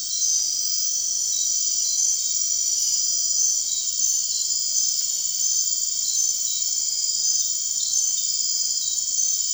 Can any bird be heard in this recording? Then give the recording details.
no. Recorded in dense forest near Puerto Asís, Putumayo, Colombia, on 9 March 2025 at 01:00. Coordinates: 0.499, -76.324. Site GP03